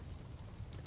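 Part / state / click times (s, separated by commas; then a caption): plastic fuse box cover onto car fuse box / seated / 0.7 s, 0.9 s. A plastic fuse box cover in a car is lined up and pressed down onto the car fuse box over a steady low rumbling background. Two sharp, short clicks at 0.7 s and 0.9 s mark the cover seating in place.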